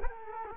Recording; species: mosquito wingbeat signal from an infrared sensor; Culex quinquefasciatus